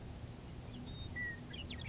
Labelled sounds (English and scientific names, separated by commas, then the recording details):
Western Meadowlark (Sturnella neglecta)
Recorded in Sonoma County, California